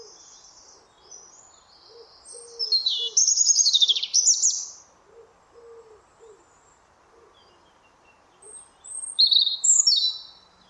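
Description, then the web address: European robin singing two bursts of high, thin, rapidly varied twittering phrases separated by a pause, over a soft series of low repeated notes. "Deverinetal 2025 File origin Bird Only Er Ru"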